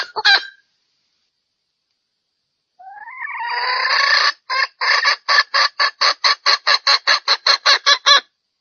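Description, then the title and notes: Junglefowl call: a short burst, a pause, then a rising squawk breaking into rapid repeated harsh clucks. Female junglefowl call used as a lure to attract males; said to draw dozens of males within two minutes. "Panggilan Ayam Hutan Betina. Cukup dua menit dengan suara ayam hutan betina bikin point puluhan pejantan. Pemikat Ayam Hutan"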